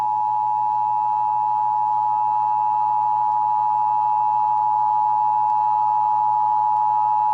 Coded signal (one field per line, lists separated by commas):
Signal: Emergency Alert System (SAME) tones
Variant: 853 and 960 Hz attention tone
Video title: (EAS #547-552) December 2023 Texas Required Monthly Test